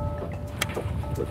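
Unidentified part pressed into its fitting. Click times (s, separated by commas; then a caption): 0.6 s. An unidentified part, possibly home-made, is pressed down into its fitting over a steady low hum with faint tonal lines. A single sharp, short click sounds at 0.6 s, and the part is seated in place.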